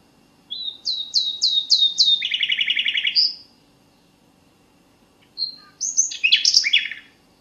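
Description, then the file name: Common nightingale song: a series of sweeping whistles into a fast pulsing trill, silence, then a richer burst of varied notes. "suara merdu burung nightingale omkicau"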